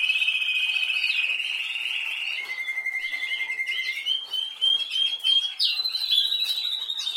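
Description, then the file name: Canary delivering a sustained rapid trill that drops in pitch, then rises again into a high rolling tour. "Canary Voice"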